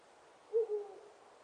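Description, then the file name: Ural owl hoot, a low two-part note, the first part louder and the second softer and drawn out, against a quiet background. "fukurou"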